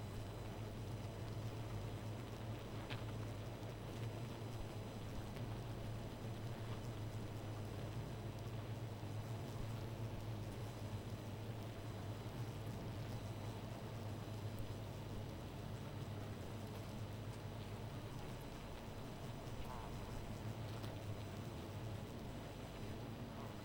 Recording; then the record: honeybee colony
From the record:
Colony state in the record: missing queen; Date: 14 July 2017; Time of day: 2:45